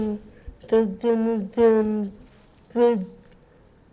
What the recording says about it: A little girl from this class who was born in 1970 what we used to be able to do 30 years ago with those families who wanted their children to have spoken language. What we often call deaf speech.